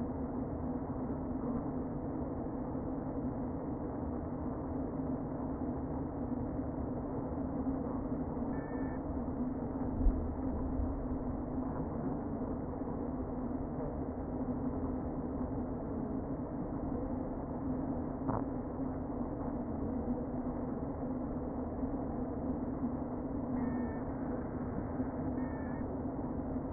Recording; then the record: honeybee colony, microphone inside the hive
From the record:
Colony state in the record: queen present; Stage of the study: before two queens were removed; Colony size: about 60,000 bees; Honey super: yes